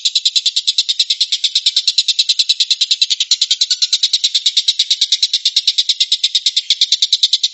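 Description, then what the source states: Stork-billed kingfisher giving a rapid, harsh, high-pitched chattering call of evenly spaced pulses, continuing without a break through the whole stretch. Tembakan, a rapid 'shooting' call.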